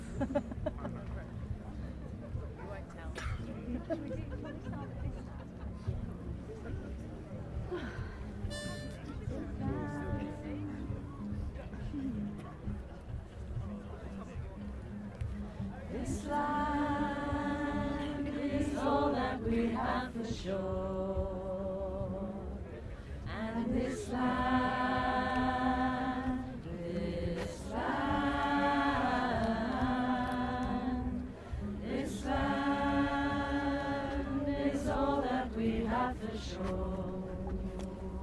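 A Stonehenge solstice gathering: a low, steady murmur of crowd voices fills the first sixteen seconds. Then loud sustained tones, held notes like chanting or singing, arrive in repeated phrases of a few seconds each, separated by short gaps, over the continuing crowd noise.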